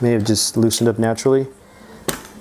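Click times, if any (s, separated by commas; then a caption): 2.1 s. Someone talks while rechecking the crank arm pinch bolt on the other side of a Shimano XT crankset with a Praxisworks bottom bracket, since it may have loosened as the first side was tightened. The torque wrench turns the bolt, then gives a sharp click at 2.1 s as it reaches its setting, confirming the bolt is torqued.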